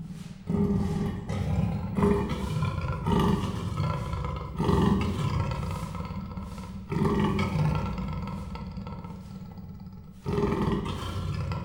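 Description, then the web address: Persian leopard snoring, deep rasping low breaths in several rough bursts, each drawn out and gravelly, with quieter stretches between. Captive animal in a zoo in 2018; real snoring. "miskolcizoo 2018. perzsa leopard igazihorges miskolczoo"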